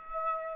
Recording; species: mosquito wingbeat signal from an infrared sensor; Aedes aegypti